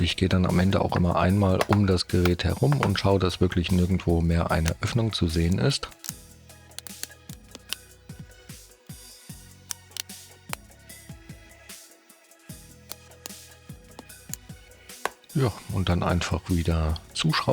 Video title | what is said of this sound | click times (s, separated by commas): HP ProBook 450 G8 von Innen | in der mitte man hört dass auch immer sehr gut wie alles wieder einrastet | 6.1 s, 7.0 s, 7.7 s, 9.7 s, 10.0 s, 15.0 s